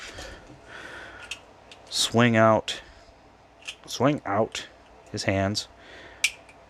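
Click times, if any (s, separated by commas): 6.2 s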